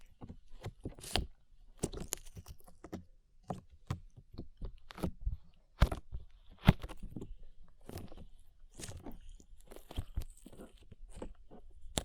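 Slime being worked produces a dense run of short crackly pops and squishes, about two or three each second, with a few sharper snaps near 1, 2, 6 and 7 seconds. Between the pops, softer wet squelching fills the gaps throughout the twelve seconds.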